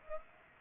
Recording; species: mosquito wingbeat signal from an infrared sensor; Aedes aegypti